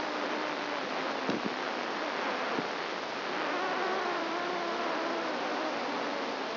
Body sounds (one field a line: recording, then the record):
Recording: brain microelectrode recording played as sound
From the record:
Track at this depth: outside the subthalamic nucleus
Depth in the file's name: -0.11 mm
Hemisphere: right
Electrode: 2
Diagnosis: Parkinson's disease